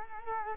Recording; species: mosquito wingbeat signal from an infrared sensor; Culex quinquefasciatus